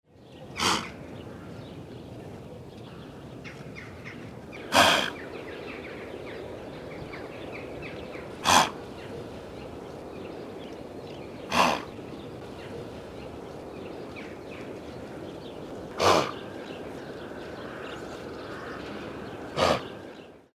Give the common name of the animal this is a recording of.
Blue Wildebeest